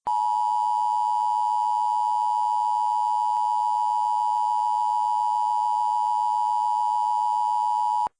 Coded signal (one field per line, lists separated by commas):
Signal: Emergency Alert System (SAME) tones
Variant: 853 and 960 Hz attention tone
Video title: EAS Scenario #1: Child's Play